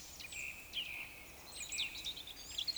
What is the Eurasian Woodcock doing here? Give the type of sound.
croak